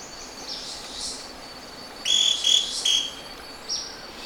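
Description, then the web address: Scale-crested pygmy-tyrant giving a run of three short, high, emphatic notes after a soft rushing sound, then a fainter single note. Recorded in Ecuador. "Birds of Ecuador 3 Scale-Crested Pygmy-Tyrant"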